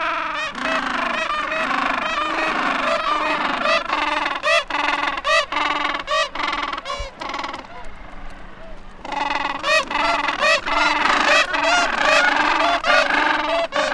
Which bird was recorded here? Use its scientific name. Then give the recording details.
Pygoscelis papua. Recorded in the wild. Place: Mikkelsen Harbour (Borget Point), Antarctica, AQ. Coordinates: -63.53, -60.44. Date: 2018-12-30. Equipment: Olympus LS-100, Sennheiser ME66. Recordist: Beaulieu, Michaël